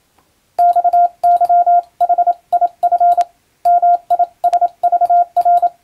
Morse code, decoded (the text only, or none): XYHIF MISVR